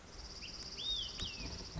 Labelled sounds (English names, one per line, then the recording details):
Olive-sided Flycatcher
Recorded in Sonoma County, California